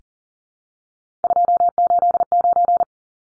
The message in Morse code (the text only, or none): 289